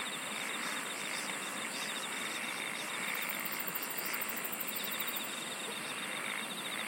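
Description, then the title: Insect chorus of continuous high buzzing, with a rapid pulsed trill joining at the top partway through, against steady background hiss. "SINGING OF INSECTS"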